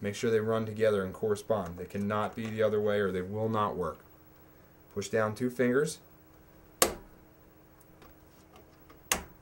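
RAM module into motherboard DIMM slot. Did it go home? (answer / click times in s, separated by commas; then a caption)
yes / 6.8 s, 9.1 s. Someone talks, then a second RAM memory stick is pushed down with two fingers into the matching colour DIMM slot on a motherboard. Sharp snaps of the latches are heard at 6.8 s and 9.1 s, and the module is seated.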